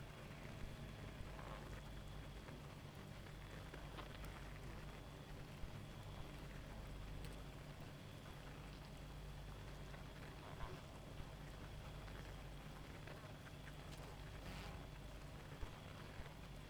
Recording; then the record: honeybee colony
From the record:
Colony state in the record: active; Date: 28 July 2017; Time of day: 1:18